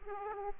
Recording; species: mosquito wingbeat signal from an infrared sensor; Aedes aegypti